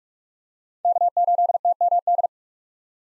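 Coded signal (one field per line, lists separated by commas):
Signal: Morse code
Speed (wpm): 41 wpm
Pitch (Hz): 700 Hz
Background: none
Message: K8TMD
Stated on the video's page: Morse practice of USA 1x3 call signs in speed-racing format, starting fast and slowing to a 30 wpm base speed; the final repeat is sent at maximum speed.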